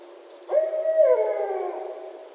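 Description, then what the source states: A barred owl calls once, a sustained low hoot that bends downward halfway through and fades away slowly. Recorded 1 December 2011.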